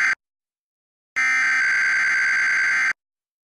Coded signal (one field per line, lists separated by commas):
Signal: Emergency Alert System (SAME) tones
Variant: header bursts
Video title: [EAS #2520-#2522] Sunday Weekly Tests (7/02/23)